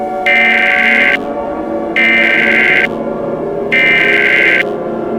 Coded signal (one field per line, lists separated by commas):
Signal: Emergency Alert System (SAME) tones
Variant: header bursts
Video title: EAS Scenario #97: Broken Days